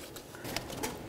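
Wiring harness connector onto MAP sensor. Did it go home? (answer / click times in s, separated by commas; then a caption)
yes / 0.6 s. A plastic wiring-harness connector is pressed onto a new MAP sensor on the engine intake of a 1994-2004 Chevy S-10. After faint shuffling, a sharp, short click at 0.6 s shows the connector latching and seating.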